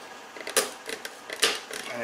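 A replacement fuel level sensor for a 2006 GMC Envoy with a P0463 inoperative fuel gauge is pushed by hand onto the fuel pump module bracket. Light plastic ticks and creaks lead up to two sharp snaps at 0.6 s and 1.4 s, with smaller clicks in between. The sensor locks into place and is seated.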